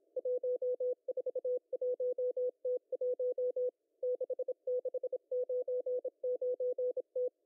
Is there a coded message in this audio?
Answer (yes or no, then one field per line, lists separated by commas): yes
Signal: Morse code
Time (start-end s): 0.2-7.3 s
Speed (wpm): 26 wpm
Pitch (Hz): 500 Hz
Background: none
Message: 141T1 6699T